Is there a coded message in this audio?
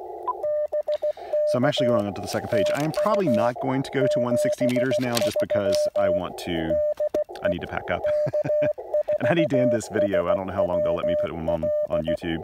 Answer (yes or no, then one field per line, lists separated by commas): yes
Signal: Morse code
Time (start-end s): 0.4-12.2 s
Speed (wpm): 16 wpm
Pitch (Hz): 600 Hz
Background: speech, radio noise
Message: BK TU 73 DE K4SWL